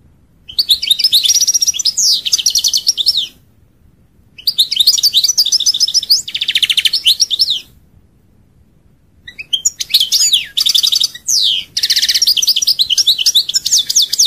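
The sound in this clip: European goldfinch delivering three energetic bouts of rapid twittering trills and slurred whistles, separated by short silences.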